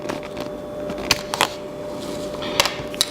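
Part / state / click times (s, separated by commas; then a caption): USB-C to HDMI adapter into laptop USB-C port / not seated / none. A USB-C to HDMI adapter is pushed into the USB-C port of a 2018 MacBook Pro, with short, sharp knocks and scrapes around 1.1, 1.4, 2.6 and 3.0 seconds over a steady background hum. The adapter does not snap in and stays loose, so nothing has seated or clicked yet.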